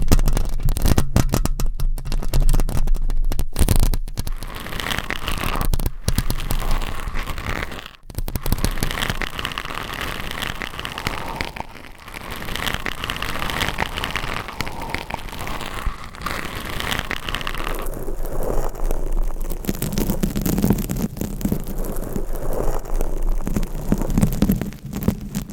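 A microphone is scratched and rubbed, producing dense, crackling friction noise that runs the whole time. The first eight seconds are choppy, with sharp dropouts and bursts, then the rubbing settles into a steadier, grainy rasp with a low rumble underneath.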